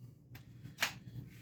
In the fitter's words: And then a lot of these are going to kind of just uh snap into place as you open it up.